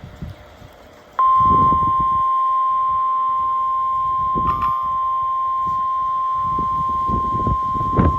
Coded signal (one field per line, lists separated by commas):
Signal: Emergency Alert System (SAME) tones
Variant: 1050 Hz attention tone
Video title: (EAS #504) Severe Thunderstorm Warning for Columbia, Dane, and Sauk, Wisconsin